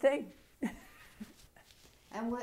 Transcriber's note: laughs